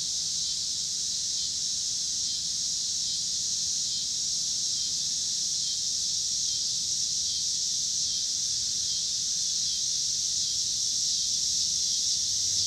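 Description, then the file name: Cicadas keep up a level, unbroken high-pitched whirring buzz, with only faint low background traffic noise. Pittsburgh, Pennsylvania, 26 August 2023; recorded alongside passing cars. "cicadas and cars Pittsburgh PA"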